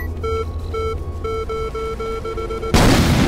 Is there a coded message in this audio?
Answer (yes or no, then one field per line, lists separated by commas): no